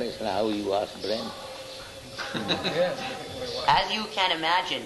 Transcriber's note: laughter